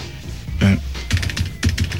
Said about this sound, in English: That's me typing in the questions. Good that's very some fancy sound effect there.